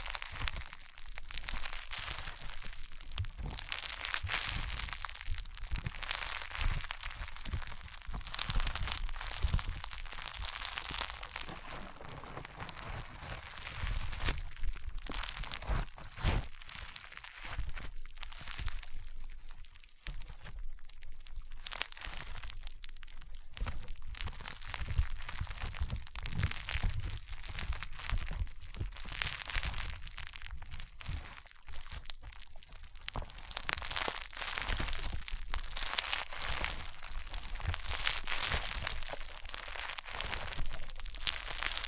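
Crunchy, popping slime being pressed and squeezed, with dense rapid crackles and snaps running nonstop for the whole stretch. The sound is bright and crisp, with bursts of heavier crushing every few seconds and a low thumping handling sound underneath.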